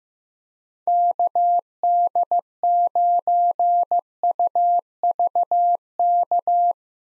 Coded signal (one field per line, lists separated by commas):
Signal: Morse code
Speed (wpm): 15 wpm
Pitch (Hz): 700 Hz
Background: none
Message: KD9UVK